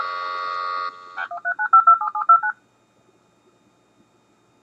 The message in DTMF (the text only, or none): 1395779